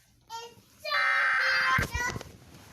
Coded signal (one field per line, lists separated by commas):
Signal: Emergency Alert System (SAME) tones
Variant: header bursts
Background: speech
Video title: KSTU TV FOX 13 EAS TEST 2021